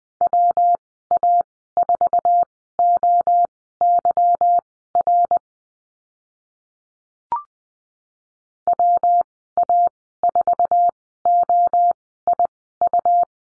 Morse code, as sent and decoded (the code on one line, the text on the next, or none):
.-- .- ....- --- -.-- .-. / .-- .- ....- --- .. ..-
WA4OYR WA4OIU